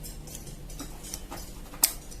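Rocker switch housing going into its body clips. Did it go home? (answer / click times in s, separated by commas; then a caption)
yes / 1.8 s. A repaired rocker switch is put back together, its plastic housing pressed into its body clips. A few faint ticks come first, then one loud, sharp snap at 1.8 s as the housing latches on both sides and locks in place.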